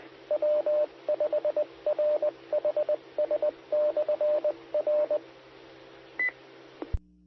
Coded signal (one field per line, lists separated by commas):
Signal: Morse code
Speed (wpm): 20 wpm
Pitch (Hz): 600 Hz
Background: radio noise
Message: W5RHS/R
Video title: 2022-04-15 - W5RHS SKYWARN Repeater 147.120 MHz